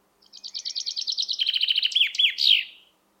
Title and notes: Chaffinch. Зяблик by deepsweet